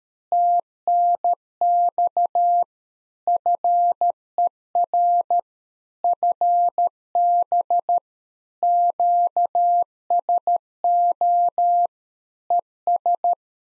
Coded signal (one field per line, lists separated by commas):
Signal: Morse code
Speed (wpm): 13 wpm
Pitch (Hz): 700 Hz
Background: none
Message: TNX FER FB QSO ES